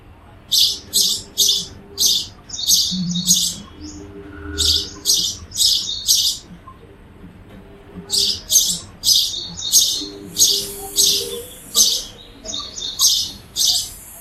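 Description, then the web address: Bird delivering long runs of harsh, buzzy high chirps in quick succession, a short gap midway, then more chirps; faint low hum throughout. "cianscape birddata 2025 Bird Only Pa Do"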